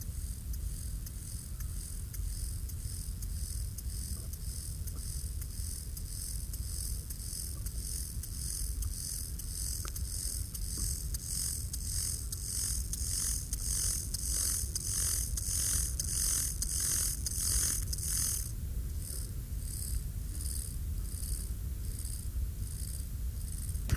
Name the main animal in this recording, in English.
Lesser Field Grasshopper